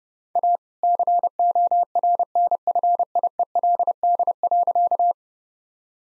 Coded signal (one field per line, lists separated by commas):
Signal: Morse code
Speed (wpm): 30 wpm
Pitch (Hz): 700 Hz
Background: none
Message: A CORNFIELD.